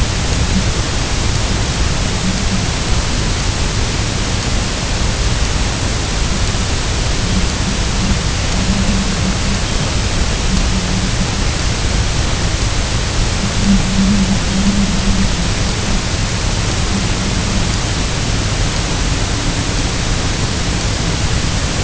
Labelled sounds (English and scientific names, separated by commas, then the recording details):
none
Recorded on Arctic tundra, site UTQI-0, on 23 June 2018
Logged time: 06:00